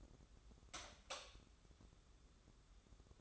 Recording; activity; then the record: daily activity, microphone in the room; light off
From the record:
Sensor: 3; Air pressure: 995.3 hPa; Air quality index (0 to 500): 83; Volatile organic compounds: 7 ppm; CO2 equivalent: 2006 ppm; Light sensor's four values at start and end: 12/31/12/12 and 9/22/9/9